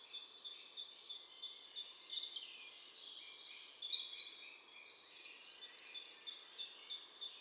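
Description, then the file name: Great tit giving a few high notes and soft twittering, then a fast steady series of high, sharp repeated notes, roughly four each second. "Parus major"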